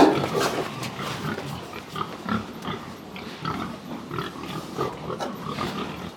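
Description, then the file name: Pig grunts, low and repeated, loudest at the start and continuing throughout. Pigs on an intensive pig farm in Texas, USA. "felix blume animals pigs farm intensive texas usa"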